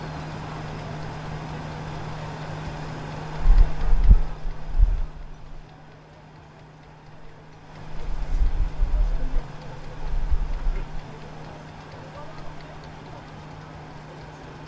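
Street sound from a walk between Prague Castle and Charles Bridge, with a steady low hum running underneath throughout. Deep rumbling swells rise twice, around four seconds and again from eight to eleven, like vehicles passing, with faint voices mixed in.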